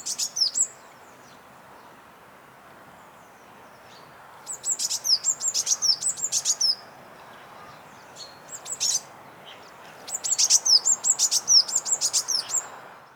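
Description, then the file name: Eurasian blue tit: high, thin notes mixed with rapid clicky elements, in several bursts with pauses between them. "Cyanistes caeruleus"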